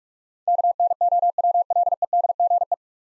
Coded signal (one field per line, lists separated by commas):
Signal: Morse code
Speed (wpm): 46 wpm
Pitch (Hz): 700 Hz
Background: none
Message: KNOWLEDGE